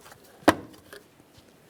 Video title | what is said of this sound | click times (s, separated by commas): How to Replace Power Steering Pump Reservoir 2007-2017 Jeep Patriot | After an audible click, we're going to be paying attention to the mounting bolt port next. | 0.9 s